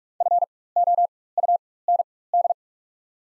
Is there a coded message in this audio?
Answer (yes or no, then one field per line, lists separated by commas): yes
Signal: Morse code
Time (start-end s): 0.2-2.5 s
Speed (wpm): 44 wpm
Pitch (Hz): 700 Hz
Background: none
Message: FOUND